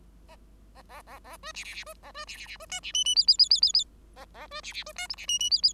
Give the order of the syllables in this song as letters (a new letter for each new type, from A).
A A A A B C C C B A B C C C B D C E E F F F F F F A A B C C B D G C E E F F